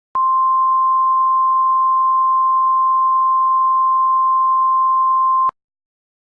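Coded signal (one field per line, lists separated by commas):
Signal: Emergency Alert System (SAME) tones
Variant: 1050 Hz attention tone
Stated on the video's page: Extremely fictional EAS scenario.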